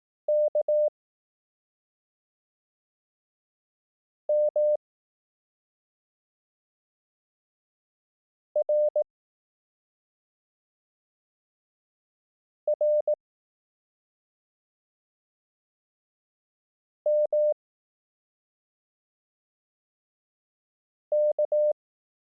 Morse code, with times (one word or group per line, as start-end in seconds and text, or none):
0.3-0.9 K
4.3-4.8 M
8.6-9.0 R
12.7-13.1 R
17.1-17.5 M
21.1-21.7 K